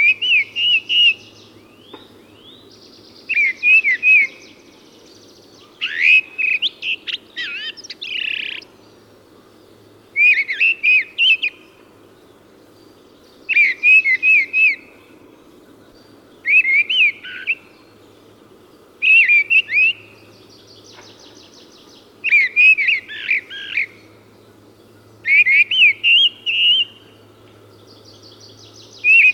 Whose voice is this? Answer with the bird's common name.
Mistle Thrush